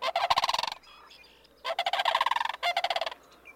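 Sandhill crane calls: two bursts of loud, rolling, rattled trumpeting, each under a second, then a third shorter burst.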